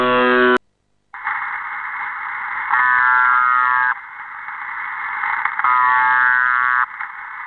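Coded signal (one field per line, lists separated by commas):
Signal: channel marker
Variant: UVB-76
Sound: two harsh buzzes, each about one second, over steady band-limited hiss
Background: radio static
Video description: The Buzzer sends this interrupted buzzing signal pretty much 24 hours a day, occasionally stopping the buzz to include voice messages.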